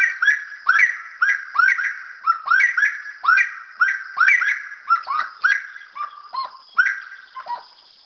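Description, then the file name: Wood rail giving strident, repeated honking notes in a fast, even rhythm that weakens and slows over the final seconds. "Saracura"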